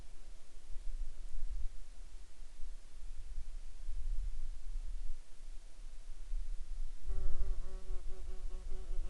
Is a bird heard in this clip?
no